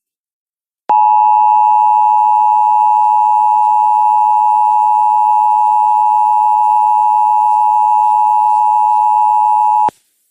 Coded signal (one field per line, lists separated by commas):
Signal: Emergency Alert System (SAME) tones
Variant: 853 and 960 Hz attention tone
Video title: 4 tests with my bad editing skills lol 5/4/2021 - 5/7/2021 Required Monthly Tests (EAS #591 - 594)